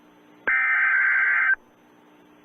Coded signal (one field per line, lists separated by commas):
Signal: Emergency Alert System (SAME) tones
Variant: header bursts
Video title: IT (pennywise) EAS mini scenario- Terror in Dairy Maine